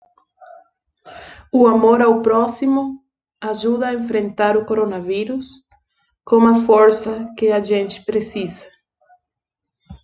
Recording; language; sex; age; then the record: spoken sentence; Brazilian Portuguese; female; 20 to 29 years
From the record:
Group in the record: control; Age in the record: 29 years